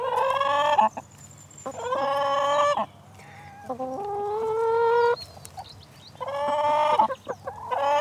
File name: Chickens Close Up Waiting To Be Fed Farm Distant Traffic Wind Bird Song